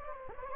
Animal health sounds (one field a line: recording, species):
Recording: mosquito wingbeat signal from an infrared sensor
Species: Anopheles gambiae